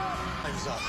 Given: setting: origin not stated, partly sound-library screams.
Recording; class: one-second piece from a danger detection set; woman in danger